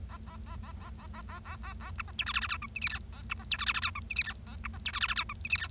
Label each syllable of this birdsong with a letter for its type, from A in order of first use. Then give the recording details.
A A A A A A A A A A A B C D E F F G H I J K A B C D E F F G H I J K A B C D E F F G H I J K. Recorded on 25 March 2012 at 11:29. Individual gy6or6